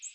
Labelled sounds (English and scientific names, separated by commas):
American Redstart (Setophaga ruticilla) flight call